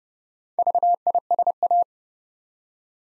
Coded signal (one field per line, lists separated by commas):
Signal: Morse code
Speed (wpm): 30 wpm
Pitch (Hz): 700 Hz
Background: none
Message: VISA